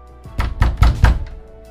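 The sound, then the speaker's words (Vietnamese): Four heavy knocks from someone outside strike a door in quick, steady succession, each a dull low thud with a brief rap on top, then the sound stops. “lập tức lại là một trận tiếng gõ cửa liên tiếp.”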